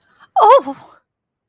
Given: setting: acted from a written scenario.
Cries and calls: vocal sound without words; distress

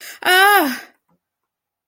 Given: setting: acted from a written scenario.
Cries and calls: vocal sound without words; distress

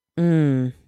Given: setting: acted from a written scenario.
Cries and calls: vocal sound without words; shame

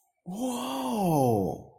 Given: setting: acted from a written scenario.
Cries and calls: vocal sound without words; positive surprise

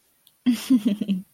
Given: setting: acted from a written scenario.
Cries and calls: vocal sound without words; pride

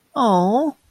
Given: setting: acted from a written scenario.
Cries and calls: vocal sound without words; sympathy

